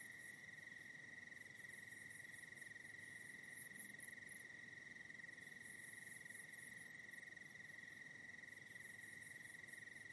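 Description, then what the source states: An even, unchanging cricket trill carries on throughout as patches of higher pulsed insect chirps drift in and out. Night in the Hollywood Hills.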